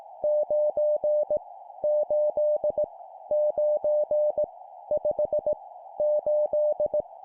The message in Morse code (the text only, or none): 9 8 9 5 8